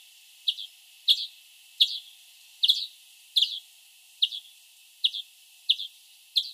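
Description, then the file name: European greenfinch calling: short, crisp chirps, spaced about every half to one second. "Chloris chloris"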